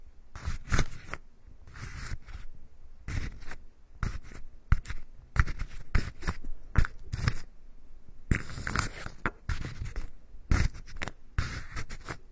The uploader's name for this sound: Tree Ear Picking Supreme Spa Ear Massage